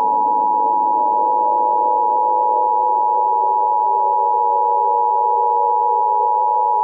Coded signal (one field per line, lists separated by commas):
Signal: Emergency Alert System (SAME) tones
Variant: 853 and 960 Hz attention tone